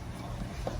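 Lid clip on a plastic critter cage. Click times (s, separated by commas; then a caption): 0.7 s. Someone presses the lid clip of a DIY plastic critter cage for an octopus, closing the lid so the octopus cannot get out. A short, sharp click is heard at 0.7 s over low, steady background noise. The clip snaps fully shut and the lid is locked.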